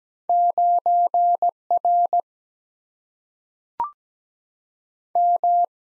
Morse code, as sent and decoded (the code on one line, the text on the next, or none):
----. / .-. / --
9 R M